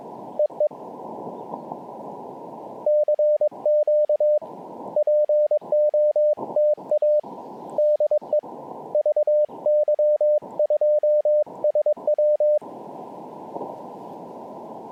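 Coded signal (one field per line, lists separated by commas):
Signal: Morse code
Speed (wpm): 22 wpm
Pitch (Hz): 600 Hz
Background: radio noise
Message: EE CQ POTA DE VY2SW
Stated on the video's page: QRP CW park activation on an Elecraft KX2 with paddles and a homebrew 40m EFHW antenna.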